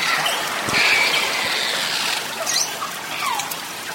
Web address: valaat beluga